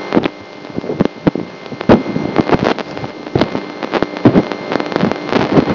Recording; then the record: brain microelectrode recording played as sound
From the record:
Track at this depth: outside the subthalamic nucleus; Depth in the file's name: 0.001 mm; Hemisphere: left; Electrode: 2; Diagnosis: Parkinson's disease